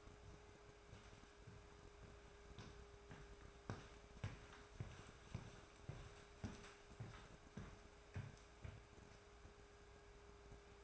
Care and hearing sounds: daily activity, microphone in the room; walk to room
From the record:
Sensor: 2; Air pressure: 1010.2 hPa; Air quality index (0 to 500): 160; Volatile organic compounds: 7 ppm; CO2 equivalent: 2008 ppm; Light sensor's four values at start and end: 42/100/45/52 and 42/100/45/52

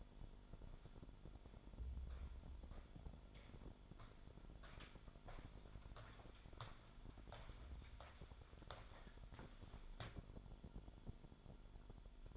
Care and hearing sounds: daily activity, microphone in the room; walk to room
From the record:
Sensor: 5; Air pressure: 1008.3 hPa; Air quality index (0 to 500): 127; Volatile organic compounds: 1 ppm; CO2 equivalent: 972 ppm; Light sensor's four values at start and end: 34/79/31/31 and 33/75/31/31

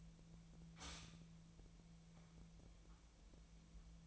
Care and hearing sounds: daily activity, microphone in the room; stop toaster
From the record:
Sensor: 1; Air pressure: 1009.4 hPa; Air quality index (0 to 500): 196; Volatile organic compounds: 20 ppm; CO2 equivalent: 2682 ppm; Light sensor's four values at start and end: 28/71/29/35 and 28/71/29/35

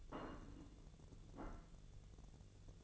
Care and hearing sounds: daily activity, microphone in the room; place plate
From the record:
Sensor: 4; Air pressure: 1001.0 hPa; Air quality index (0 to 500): 143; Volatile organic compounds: 2 ppm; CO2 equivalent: 1054 ppm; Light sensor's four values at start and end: 25/61/25/27 and 25/61/25/27

